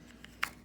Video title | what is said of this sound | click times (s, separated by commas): Upgraded White River Knives Knucklehead 2 at USA Made Blade | and so they'd sit a little loose in the sheath but not on these these you can hear that snap | 0.4 s